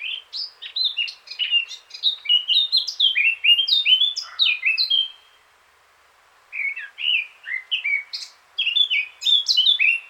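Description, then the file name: Eurasian blackcap singing long warbled phrases of quick, varied notes with fluty endings, broken by a short quiet spell midway. "Sylvia atricapilla"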